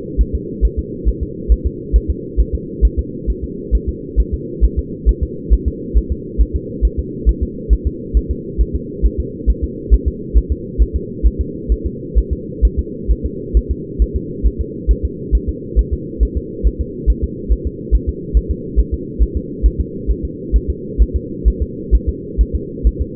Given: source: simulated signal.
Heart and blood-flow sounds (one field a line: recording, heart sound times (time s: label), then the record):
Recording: fetal heart sounds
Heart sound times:
0.21 s: S1
0.35 s: S2
0.65 s: S1
0.79 s: S2
1.09 s: S1
1.23 s: S2
1.52 s: S1
1.66 s: S2
1.96 s: S1
2.10 s: S2
2.40 s: S1
2.55 s: S2
2.85 s: S1
2.99 s: S2
3.30 s: S1
3.44 s: S2
3.75 s: S1
3.89 s: S2
4.20 s: S1
4.34 s: S2
4.64 s: S1
4.79 s: S2
5.09 s: S1
5.23 s: S2
5.53 s: S1
5.68 s: S2
5.97 s: S1
6.12 s: S2
6.41 s: S1
6.56 s: S2
6.85 s: S1
6.99 s: S2
7.29 s: S1
7.43 s: S2
7.73 s: S1
7.87 s: S2
8.17 s: S1
8.31 s: S2
8.61 s: S1
8.75 s: S2
9.06 s: S1
9.20 s: S2
9.50 s: S1
9.64 s: S2
9.94 s: S1
10.08 s: S2
10.38 s: S1
10.52 s: S2
10.82 s: S1
10.96 s: S2
11.26 s: S1
11.41 s: S2
11.72 s: S1
11.86 s: S2
12.18 s: S1
12.33 s: S2
12.65 s: S1
12.79 s: S2
13.11 s: S1
13.26 s: S2
13.57 s: S1
13.71 s: S2
14.02 s: S1
14.16 s: S2
14.47 s: S1
14.61 s: S2
14.91 s: S1
15.05 s: S2
15.35 s: S1
15.49 s: S2
15.79 s: S1
15.93 s: S2
16.23 s: S1
16.37 s: S2
16.67 s: S1
16.81 s: S2
17.10 s: S1
17.24 s: S2
17.52 s: S1
17.67 s: S2
17.95 s: S1
18.09 s: S2
18.37 s: S1
18.51 s: S2
18.79 s: S1
18.94 s: S2
19.22 s: S1
19.37 s: S2
19.66 s: S1
19.80 s: S2
20.11 s: S1
20.25 s: S2
20.56 s: S1
20.70 s: S2
21.02 s: S1
21.16 s: S2
21.48 s: S1
21.62 s: S2
21.95 s: S1
22.09 s: S2
22.41 s: S1
22.55 s: S2
22.87 s: S1
23.01 s: S2
From the record:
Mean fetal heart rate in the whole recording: 135 bpm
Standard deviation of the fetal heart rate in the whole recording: 3 bpm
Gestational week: 34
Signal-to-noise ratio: -4.1 dB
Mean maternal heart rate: no maternal heart sound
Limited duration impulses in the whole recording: absent